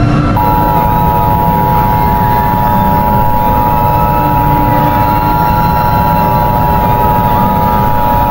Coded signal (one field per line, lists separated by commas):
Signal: Emergency Alert System (SAME) tones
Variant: 853 and 960 Hz attention tone